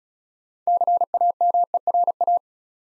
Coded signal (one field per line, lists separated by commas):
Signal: Morse code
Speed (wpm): 35 wpm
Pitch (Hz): 700 Hz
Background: none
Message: CAMERA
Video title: Easy Words - Speed-Racing with Hints - 28wpm